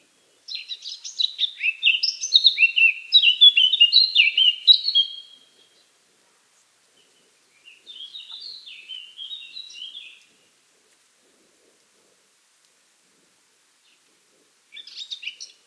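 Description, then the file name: Eurasian blackcap song: a long rich warble of fluty and scratchy notes for about five seconds, a quieter phrase after a pause, then a brief final burst. "Sylvia atricapilla"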